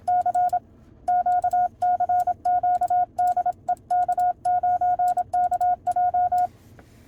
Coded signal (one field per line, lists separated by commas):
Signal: Morse code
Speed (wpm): 27 wpm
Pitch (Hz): 720 Hz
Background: none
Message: CQ CQ DE K9KJ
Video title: SQ9KFQ CW Key from Poland!